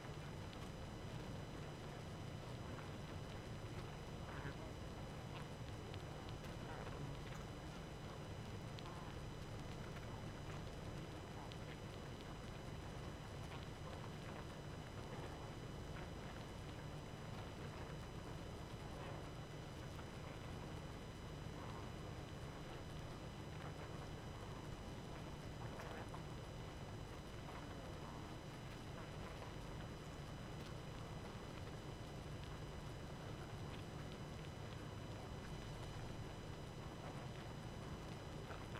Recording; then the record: honeybee colony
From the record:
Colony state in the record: active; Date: 12 June 2018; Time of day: 23:41